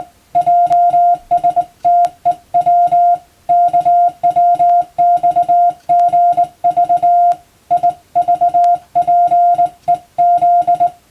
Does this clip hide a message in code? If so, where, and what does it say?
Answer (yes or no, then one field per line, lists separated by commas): yes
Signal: Morse code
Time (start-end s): 0.4-10.9 s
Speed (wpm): 20 wpm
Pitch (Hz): 700 Hz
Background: music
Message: JSTEW KWXGV IVPEZ